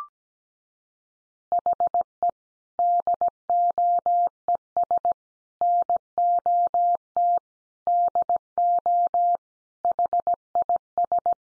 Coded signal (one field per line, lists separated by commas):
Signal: Morse code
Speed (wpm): 17 wpm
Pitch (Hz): 700 Hz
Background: none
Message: HE DOES NOT DO HIS